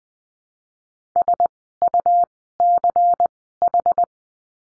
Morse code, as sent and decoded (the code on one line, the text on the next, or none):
... ..- -.-. ....
SUCH